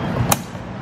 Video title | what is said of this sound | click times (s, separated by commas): BMW E90 Sedan 335i Left Rear Door Lock Actuator Replacement DIY | Clicks right into place. | 0.3 s